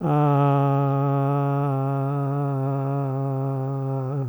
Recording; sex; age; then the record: sustained vowel /a/; male; 70 to 79 years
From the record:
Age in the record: 74 years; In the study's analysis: included